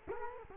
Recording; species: mosquito wingbeat signal from an infrared sensor; Culex quinquefasciatus